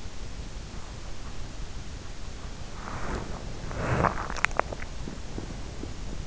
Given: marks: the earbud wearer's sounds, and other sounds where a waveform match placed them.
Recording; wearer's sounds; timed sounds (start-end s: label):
sounds in sleep by an in-ear microphone; body movement, swallowing
2.61-4.25 s: body movement
3.94-5.96 s: swallowing